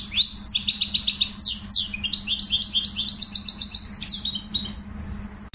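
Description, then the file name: Canary song: a continuous run of high, fast-repeated syllables and sweeping notes, some phrases trilled in quick series, with a faint steady low hum beneath. "sing finch canary"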